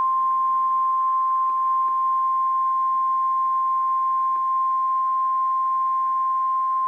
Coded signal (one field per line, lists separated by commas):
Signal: Emergency Alert System (SAME) tones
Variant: 1050 Hz attention tone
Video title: EAS 903 Grand Rapids RWT LIVE VOICE